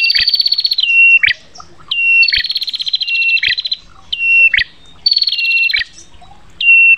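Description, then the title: Prinia song of harsh buzzing trills, each followed by a short steady whistle and quick rising snap, repeated roughly every one to two seconds. Long-duration 'masteran' tutoring recording for training cage birds. "Masteran Terapi Prenjak Durasi Panjang"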